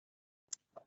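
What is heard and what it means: The leg rest section of a bed frame is raised further, and its ratchet clicks into the next notch with a sharp, bright click at 0.5 s. A softer, lower-pitched knock follows around 0.8 s, and the leg rest is seated in the new notch.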